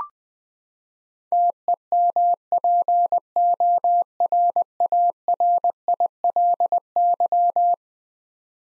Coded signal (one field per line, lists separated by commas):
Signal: Morse code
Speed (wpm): 21 wpm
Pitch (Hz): 700 Hz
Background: none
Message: TEMPORARILY